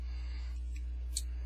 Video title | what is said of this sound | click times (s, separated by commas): 1/144 Scale HG 00 Gundam Seven Sword/G | so what you want to do is take this back piece pull it out until it snaps into place just like | 1.2 s